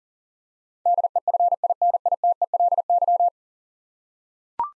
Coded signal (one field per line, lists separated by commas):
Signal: Morse code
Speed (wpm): 41 wpm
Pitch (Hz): 700 Hz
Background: none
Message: DEFINITELY